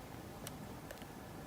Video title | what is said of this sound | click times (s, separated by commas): PS4 Controller Analog Stick Easy Fix (Lagging / Sprinting)— 2019 Edition | a tiny pop if you can hear it. | 0.5 s